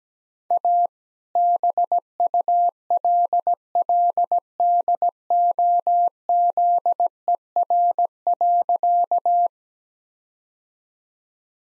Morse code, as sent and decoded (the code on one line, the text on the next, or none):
.- / -... ..- .-.. .-.. -.. --- --.. . .-. .-.-.-
A BULLDOZER.